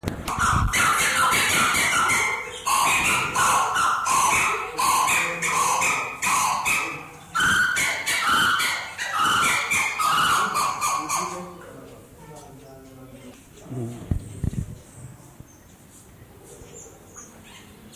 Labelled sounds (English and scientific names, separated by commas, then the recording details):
Blue-winged Kookaburra (Dacelo leachii) call
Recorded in captivity
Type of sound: call
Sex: pair
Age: adult
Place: Zoo Berlin, Berlin, DE
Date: 2004-12-30 15:45
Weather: wolkig, 2°C
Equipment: Sony WM-D6C, Sennheiser ME 80, Kopie Uher 4000 Report Monitor
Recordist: Tembrock, Günter
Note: Ansage: "Blauflügel-Jägerliest (Dacelo leachii)": Paar-Rufen (ca. 10 m)